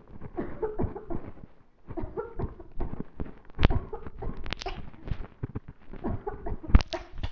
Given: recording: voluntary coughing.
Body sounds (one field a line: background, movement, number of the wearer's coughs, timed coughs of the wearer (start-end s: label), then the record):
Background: quiet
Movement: walking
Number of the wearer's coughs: 12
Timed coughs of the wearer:
0.35-0.76 s: cough
0.76-1.07 s: cough
1.07-1.27 s: cough
1.94-2.34 s: cough
2.36-2.65 s: cough
2.77-2.95 s: cough
3.68-4.09 s: cough
4.19-4.51 s: cough
4.63-4.96 s: cough
6.01-6.42 s: cough
6.43-6.73 s: cough
6.91-7.11 s: cough
From the record:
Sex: female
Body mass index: 18.8 kg/m2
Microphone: on the chest, facing the body